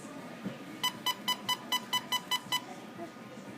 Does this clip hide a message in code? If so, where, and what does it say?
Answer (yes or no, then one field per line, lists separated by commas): no